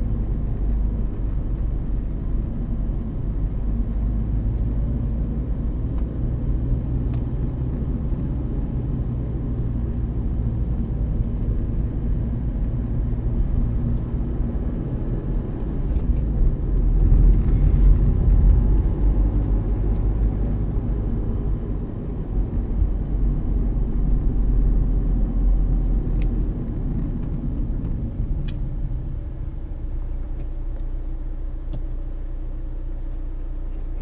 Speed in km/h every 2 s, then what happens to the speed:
23, 26, 28, 29, 26, 27, 28, 31, 33, 37, 37, 33, 32, 18, 0, 0, 0.
0-5 speeds up to 29. 5-11 steady at about 27. 11-20 speeds up to 37. 20-28 brakes to 0. 28-34 standing.